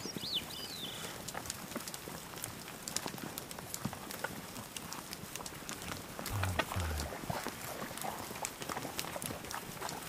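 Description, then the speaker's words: Caribou herd, scattered sharp clicks and rustling steps in a dense hiss, with a brief high whistle near the start. "And now we turn to the sound of a caribou herd."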